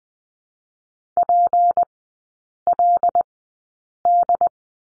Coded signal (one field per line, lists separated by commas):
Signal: Morse code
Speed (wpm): 20 wpm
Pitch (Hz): 700 Hz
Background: none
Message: PLD